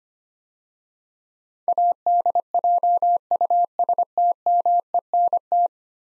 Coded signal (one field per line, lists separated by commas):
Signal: Morse code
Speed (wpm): 25 wpm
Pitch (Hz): 700 Hz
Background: none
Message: ADJUSTMENT